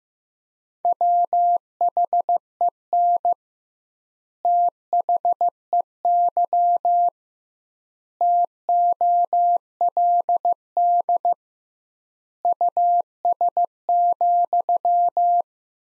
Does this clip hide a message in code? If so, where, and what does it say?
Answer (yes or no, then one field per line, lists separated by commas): yes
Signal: Morse code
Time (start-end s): 0.9-15.4 s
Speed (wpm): 15 wpm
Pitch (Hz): 700 Hz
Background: none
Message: WHEN THEY TOLD US,